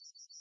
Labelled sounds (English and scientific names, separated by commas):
Yellowhammer (Emberiza citrinella) song